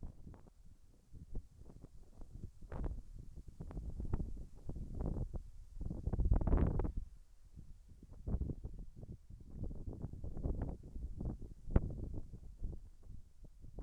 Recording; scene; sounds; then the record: everyday scene through a hearing-aid microphone; wind on the microphone; wind, whistling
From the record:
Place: in front of a rural house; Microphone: behind the ear, left, rear